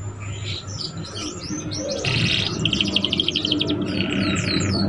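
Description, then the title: Canary delivering a fast rolling trill of rapidly repeated notes in the middle, framed by softer twitters. Song used to warm up Belgian canaries and to lure young canaries into singing and chattering quickly. "Canto Para Esquentar Canário Belga. SUARA KENARI PAUD CUIT CUIT BELAJAR BUNYI - pancingan kenari paud muda agar cepat bunyi dan ngeriwik"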